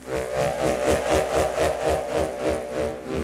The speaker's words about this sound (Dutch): Wauw. Zo kan een postelastiek klinken. Heel mooi. Postelastiek om een stukje hout heen. Wat uit elkaar getrokken.